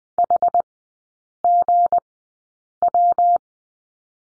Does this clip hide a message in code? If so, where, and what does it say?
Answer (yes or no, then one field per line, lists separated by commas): yes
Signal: Morse code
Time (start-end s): 0.2-3.4 s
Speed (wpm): 19 wpm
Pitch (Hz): 700 Hz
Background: none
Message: HGW